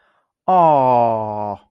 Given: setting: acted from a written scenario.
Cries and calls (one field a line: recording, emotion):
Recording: vocal sound without words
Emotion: adoration